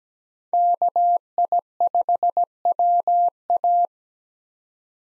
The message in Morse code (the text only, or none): KI5WA